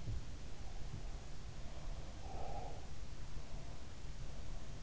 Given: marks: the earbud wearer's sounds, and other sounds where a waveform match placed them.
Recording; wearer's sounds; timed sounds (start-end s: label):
sounds in sleep by an in-ear microphone; breath
0.64-2.87 s: breath